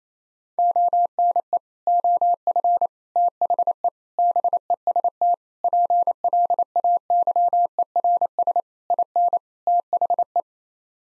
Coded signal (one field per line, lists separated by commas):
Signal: Morse code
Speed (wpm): 28 wpm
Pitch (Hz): 700 Hz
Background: none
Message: ONE OF THE BEST PLAYERS IN THE